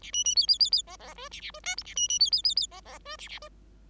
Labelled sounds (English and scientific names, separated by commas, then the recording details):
Bengalese Finch (Lonchura striata domestica) song
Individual Bird5